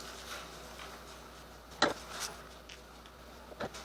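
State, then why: Seated. A hand rivet press is pushed down to set metal rivets on a sewn fabric bag strap, using only light pressure rather than over-applying it. A sharp light click is heard at 1.8 s, followed by fainter ticks, and the rivets end up set well with no dents.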